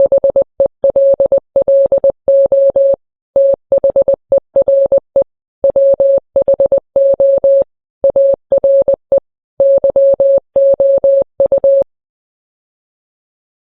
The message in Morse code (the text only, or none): HELLO THERE WHO ARE YOU